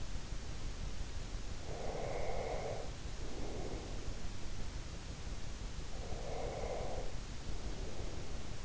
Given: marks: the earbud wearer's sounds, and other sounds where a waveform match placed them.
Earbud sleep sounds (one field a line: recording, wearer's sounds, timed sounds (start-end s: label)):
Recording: sounds in sleep by an in-ear microphone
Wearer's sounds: breath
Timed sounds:
1.65-4.36 s: breath
5.99-8.65 s: breath